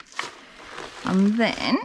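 The fold locking clip that holds the folded chassis of a Joie Brisk LX pushchair shut is undone, giving a short, sharp click at 0.2 s as it opens. Quiet handling noise follows, then someone talks, and the clip is released.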